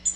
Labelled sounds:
Tennessee Warbler (Leiothlypis peregrina) flight call

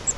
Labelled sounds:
Grace's Warbler (Setophaga graciae) flight call

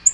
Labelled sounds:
Black-throated Green Warbler (Setophaga virens) flight call

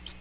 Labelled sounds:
Magnolia Warbler (Setophaga magnolia) flight call

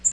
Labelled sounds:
Nashville Warbler (Leiothlypis ruficapilla) flight call

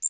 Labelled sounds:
Magnolia Warbler (Setophaga magnolia) flight call

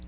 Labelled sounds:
Black-throated Blue Warbler (Setophaga caerulescens) flight call

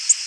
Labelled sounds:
Tennessee Warbler (Leiothlypis peregrina) flight call

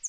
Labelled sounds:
Northern Parula (Setophaga americana) flight call

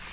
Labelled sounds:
Nashville Warbler (Leiothlypis ruficapilla) flight call

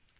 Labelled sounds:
Black-throated Green Warbler (Setophaga virens) flight call

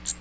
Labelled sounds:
Magnolia Warbler (Setophaga magnolia) flight call

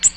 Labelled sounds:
Ovenbird (Seiurus aurocapilla) flight call

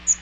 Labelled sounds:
Magnolia Warbler (Setophaga magnolia) flight call

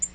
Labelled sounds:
Tennessee Warbler (Leiothlypis peregrina) flight call

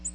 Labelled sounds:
Ovenbird (Seiurus aurocapilla) flight call

